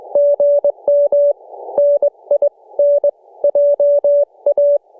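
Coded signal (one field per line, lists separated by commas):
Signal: Morse code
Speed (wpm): 22 wpm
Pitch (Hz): 560 Hz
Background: none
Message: GM NINJA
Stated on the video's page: Morse from a Summits On The Air activation on Burnt Mountain.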